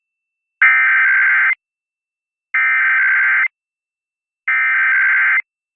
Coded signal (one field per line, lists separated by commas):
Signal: Emergency Alert System (SAME) tones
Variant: header bursts